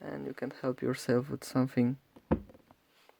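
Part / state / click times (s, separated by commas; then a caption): printed peg into a joint hole of a 3D-printed figure / seated / 2.3 s. Someone talks, then a 3D-printed plastic peg is pressed down with the help of a tool into a joint hole of a 3D-printed Printformers Turtle Prime figure. It gives one sharp click at 2.3 s, followed by a few faint small taps. The peg is seated all the way home.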